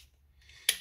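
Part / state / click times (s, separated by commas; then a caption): blade clamp lever on an oscillating multi-tool / seated / 0.7 s. The quick-release blade clamp lever on an oscillating multi-tool is flipped back all the way down to clamp the metal blade. A faint hiss of movement leads into a single sharp click at 0.7 s as the lever seats, locking the blade securely in place.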